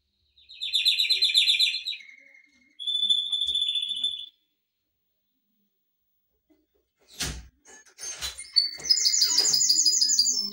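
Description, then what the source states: Canary song phrases, a rapid trill and a steady tour, then silence, a couple of knocks or thuds, and more buzzy trilled notes. Canary song intended for training.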